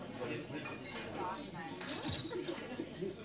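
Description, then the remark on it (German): A brief jangle of a flat key being taken from a left jacket pocket: a quick cluster of bright, high metallic clinks about two-thirds of the way through, heard over a low murmur of voices, in the Meister Eder und sein Pumuckl radio play. “Das ist dem Zacharias sein Wohnungsschlüssel.”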